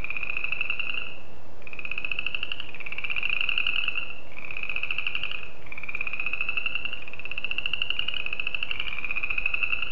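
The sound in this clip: Spring peeper trills, high and pulsing, follow one another steadily for ten seconds, with short gaps between some.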